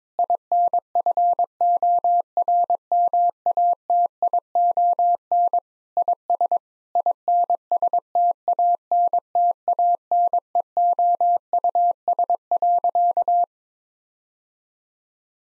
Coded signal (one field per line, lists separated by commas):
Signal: Morse code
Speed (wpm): 22 wpm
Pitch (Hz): 700 Hz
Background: none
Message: INFORMATION IS INSTANTANEOUS.